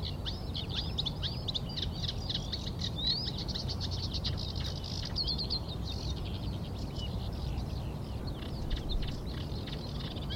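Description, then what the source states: Eurasian reed warbler song, a steady run of chattering, scratchy notes in a repeated rhythm, over a constant low rumble. Spring, newly arrived; rough weather; foreground singer with repeated rhythm and a bit more tune than sedge warbler.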